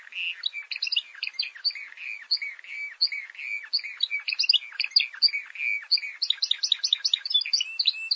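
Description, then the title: Bird song: a dense, continuous stream of rapid chirps, trills and twittering notes, varied and energetic throughout, with no low sounds beneath. Masteran (training song for birds). "LuckyBurung MasteranBest"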